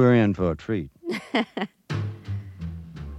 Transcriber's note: laughter